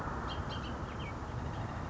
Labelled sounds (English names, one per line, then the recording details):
Bullock's Oriole
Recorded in Sonoma County, California